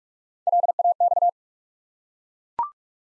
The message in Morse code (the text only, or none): LAX